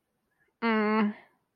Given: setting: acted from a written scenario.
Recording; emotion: vocal sound without words; neutral